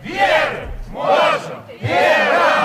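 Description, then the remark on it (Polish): A crowd of Belarusians living in Białystok pickets in front of the Belarusian consulate there, chanting in unison in three loud rhythmic bursts of shouted voices with short pauses between them. “Przed białoruskim konsulatem w Białymstoku pikietowali mieszkający tam Białorusini.”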